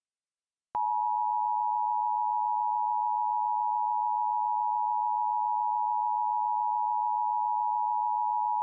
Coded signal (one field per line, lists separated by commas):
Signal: Emergency Alert System (SAME) tones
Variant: 853 and 960 Hz attention tone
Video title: Parasitic: An EAS Scenario